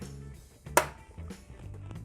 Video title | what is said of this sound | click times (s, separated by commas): Td5 Cylinder Head INSTALLATION / REFITTING - Detailed How To Step by Step | just like that you have to hear and feel a click | 0.8 s